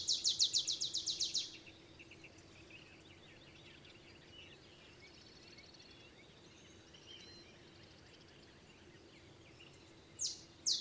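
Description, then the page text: Olive sparrow trilled song of fast chips lasting about a second and a half, then long quiet with faint bird twitters, and a new song starting at the end. Olive sparrow singing in the early morning in Texas, 50 miles north of the Mexican border; simple songs like a field sparrow's bouncing-ball song, though less mellow and melancholy. "Birdsong for the Curious Naturalist. songs Olive Sparrow. Recording early morning just 50 miles north of the Mexican border in Texas"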